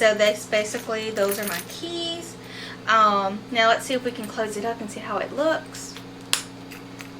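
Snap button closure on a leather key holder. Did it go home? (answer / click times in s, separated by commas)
yes / 6.3 s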